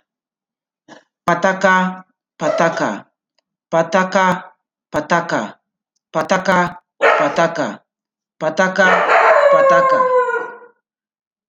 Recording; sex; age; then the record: repeated syllables /pa ta ka/; male; 20 to 29 years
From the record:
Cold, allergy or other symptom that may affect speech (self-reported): no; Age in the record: 24 years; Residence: Nevada, United States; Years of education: 14